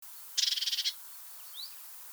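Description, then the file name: Eurasian blue tit giving one short, crackling churr of several rapid pulses, followed by a faint thin rising note. "Cyanistes caeruleus"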